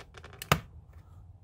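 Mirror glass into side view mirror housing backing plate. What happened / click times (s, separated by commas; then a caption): The mirror glass snapped onto its backing plate / 0.4 s, 0.5 s. Replacement plastic-backed mirror glass is slid down and pressed onto the backing plate of a Jeep ZJ power side view mirror housing. Faint handling rustles lead to a small tick at 0.4 s and a sharp, loud snap at 0.5 s, followed by quiet low hum. The glass clicks into place and is seated.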